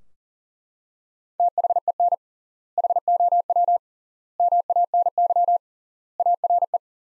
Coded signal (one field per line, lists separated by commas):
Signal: Morse code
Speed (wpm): 37 wpm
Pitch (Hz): 700 Hz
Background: none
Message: THEN HOW MANY ARE